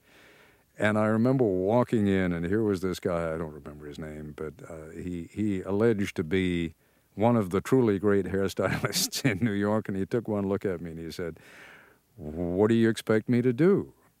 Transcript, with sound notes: and I remember walking in, and here was this guy, I don't remember his name, but he alleged to be one of the truly great hair stylists in New York. (laughs) And he took one look at me and he said, "What do you expect me to do?"